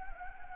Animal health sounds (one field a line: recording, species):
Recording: mosquito wingbeat signal from an infrared sensor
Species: Anopheles gambiae